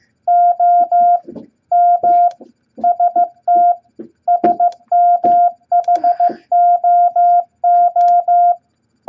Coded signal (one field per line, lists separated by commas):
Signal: Morse code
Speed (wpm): 15 wpm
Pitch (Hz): 700 Hz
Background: none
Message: O M ST SMHOO